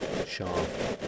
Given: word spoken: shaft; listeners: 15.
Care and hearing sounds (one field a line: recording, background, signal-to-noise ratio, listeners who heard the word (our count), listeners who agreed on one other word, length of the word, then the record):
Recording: one English word in noise, from a listening test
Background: noise modulated by three-talker babble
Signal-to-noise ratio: -3.8 dB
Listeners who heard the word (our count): 0 of 15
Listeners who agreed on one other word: 10 of 15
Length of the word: 0.68 s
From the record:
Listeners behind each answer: 10, 2, 1, 1, 1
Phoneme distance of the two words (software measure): 17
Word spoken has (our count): 1 syllable, 4 phonemes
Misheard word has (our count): 1 syllable, 3 phonemes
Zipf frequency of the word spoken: 3.60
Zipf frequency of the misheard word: 4.55